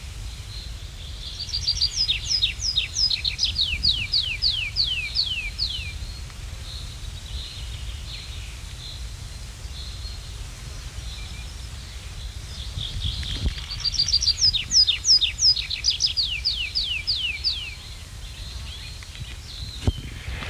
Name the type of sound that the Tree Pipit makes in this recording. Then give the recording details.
song. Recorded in the wild. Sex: male. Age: adult. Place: Vilmnitz, Insel Rügen, Mecklenburg-Vorpommern, DE. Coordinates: 54.3411, 13.5356. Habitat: wood. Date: 1979-06-21 11:11. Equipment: ITT Schaub-Lorenz Studio Recorder 72, Verstärker, Sennheiser MD 421 HL, Kopie Uher 4200 Report. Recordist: Tembrock, Günter. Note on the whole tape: Am Bodden (kleinerer junger Baumbestand): Gesang